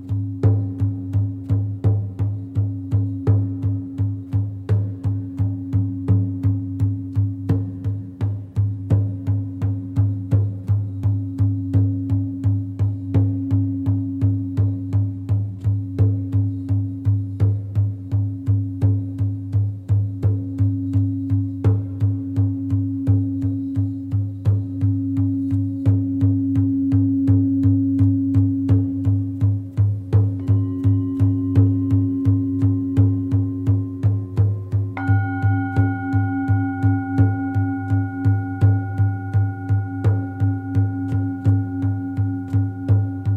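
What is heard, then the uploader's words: Shamanic drumming with fast, steady beats over a deep low hum, joined after about thirty seconds by sustained ringing tones that layer higher. Deep vibrations using singing bowls targeting the crown and heart chakra along with some Shamanic drumming. No modification or altering frequencies to keep it as authentic as possible.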